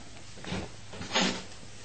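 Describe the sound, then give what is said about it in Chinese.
A door being opened: a softer knock-like clatter, then about a second later a louder, brighter rattle of the latch and swing, with faint hiss underneath. “啊开门啊”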